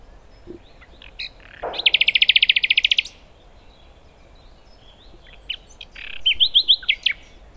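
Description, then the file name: Common nightingale delivering a pulsing rapid trill of over a second, later followed by a quick run of bright repeated notes, with short chirps between phrases and soft background noise. "Luscinia megarhynchos"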